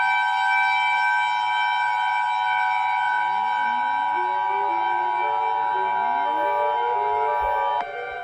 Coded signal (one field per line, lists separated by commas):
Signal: Emergency Alert System (SAME) tones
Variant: 853 and 960 Hz attention tone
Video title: EAS SCENARIO 13: The Unvitational Committee Attack